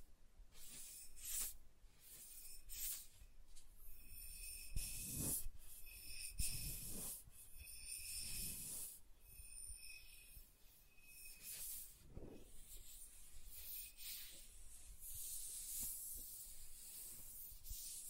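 Soft tracing over smooth and rough surfaces makes a continuous airy hiss, swelling in uneven strokes every second or two, with brief brighter scratches.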